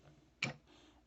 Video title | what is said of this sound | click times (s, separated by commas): Maxwell's Reviews: 100 Subscriber Special CW Devastator Pt. 7 Devastator | kind of soft click into place like so | 0.4 s